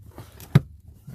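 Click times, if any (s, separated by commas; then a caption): 0.6 s. The upper clip of a plastic kick panel is pushed into its hole in the body of a 2008 Sequoia Platinum during a Red Arc Tow Pro Elite brake controller install. Over a low, steady background rumble, a few faint ticks lead up to one sharp snap at 0.6 s. The clip seats, though it was hard to click in.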